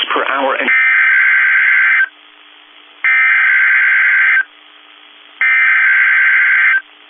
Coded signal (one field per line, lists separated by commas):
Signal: Emergency Alert System (SAME) tones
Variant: header bursts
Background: speech